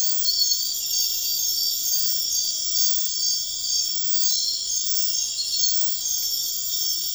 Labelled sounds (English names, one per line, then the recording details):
none
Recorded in dense forest near Puerto Asís, Putumayo, Colombia, on 21 February 2024 at 02:00
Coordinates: 0.500, -76.322
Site G6465